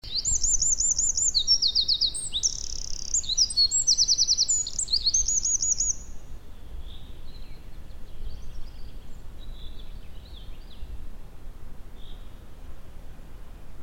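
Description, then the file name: Eurasian wren, a vigorous burst of piercing high trills and rattling runs in the first six seconds, then only softer, scattered notes over a low background hum. "Troglodytes troglodytes"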